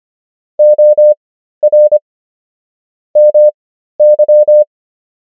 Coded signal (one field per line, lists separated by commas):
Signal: Morse code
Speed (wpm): 25 wpm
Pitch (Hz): 600 Hz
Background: none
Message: OR MY